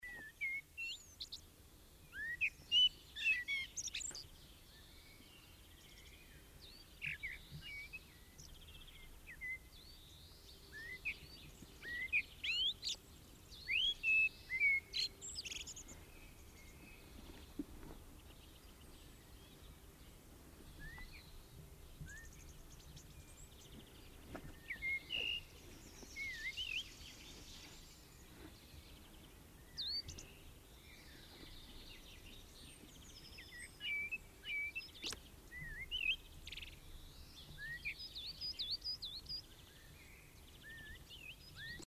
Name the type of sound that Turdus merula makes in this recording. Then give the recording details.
song. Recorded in the wild. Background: Chloris chloris, Parus major. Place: Garmisch-Partenkirchen, Bayern, DE. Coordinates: 47.4933, 11.0806. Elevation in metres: 703. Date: 1969-04-13. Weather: Schneefall. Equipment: Uher 4000 Report. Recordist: Tretzel, Erwin. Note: Feldstraße hinter Nr. 5, Garmisch-Partenkirchen: Gesang